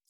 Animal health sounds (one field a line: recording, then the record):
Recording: hydrophone in a shrimp aquaculture tank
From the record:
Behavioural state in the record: feeding